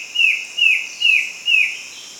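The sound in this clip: Bird giving four bright, downward-slurred chirps about every half second over a continuous high-pitched hiss.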